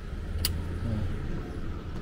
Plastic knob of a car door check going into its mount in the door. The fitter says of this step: insert mo lang hanggang sa ma-click marinig mo yung click